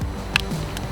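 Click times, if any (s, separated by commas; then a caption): 0.4 s. A Sena 50S motorcycle Bluetooth intercom module is pushed onto its plastic helmet mounting plate. A very subtle, sharp click is heard at 0.4 s over a low background hum, with a fainter tick near the end. The module is seated and secured on the mount.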